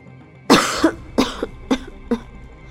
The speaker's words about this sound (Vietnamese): Triển Chiêu bị sặc bụi ho liên tục, ngước mắt liền thấy Bạch Ngọc Đường cũng đang bịt mũi miệng ho khan.